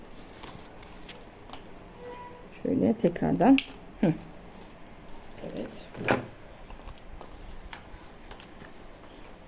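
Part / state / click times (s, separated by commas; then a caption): floor brush head into cordless stick vacuum wand / seated / 6.1 s. A plastic floor brush head is pushed back onto the wand of a Heifer cordless stick vacuum, seating with a sharp click at 6.1 s. Someone talks briefly over soft handling noise and a burst of rustling and knocks around 2.7–3.6 s. The head is confirmed seated on the wand.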